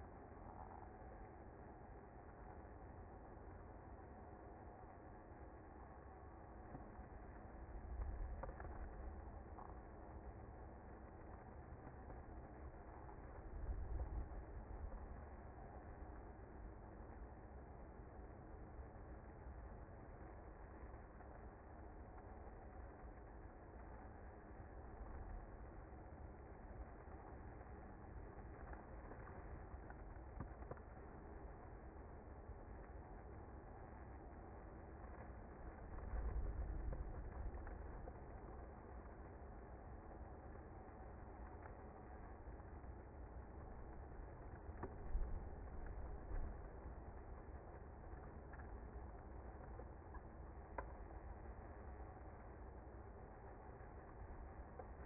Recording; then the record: honeybee colony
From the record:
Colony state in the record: active